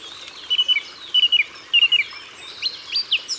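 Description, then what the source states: Song thrush repeating one clipped whistled phrase three times, then switching to higher rising notes. Ardèche, France.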